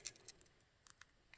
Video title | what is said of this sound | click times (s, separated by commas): Adventure Begins at Your Library! Summer Maker Program 2024, Mini Frape Keychain. | and then click all right then our last thing is to add the straw | 0.1 s